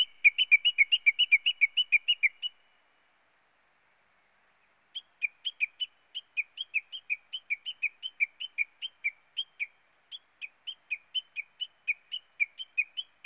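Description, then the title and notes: Small bird song: a fast run of bright chirps, a pause, then a longer, slower series of high chirps. "NHK効果音集 - 2-波・川・小鳥"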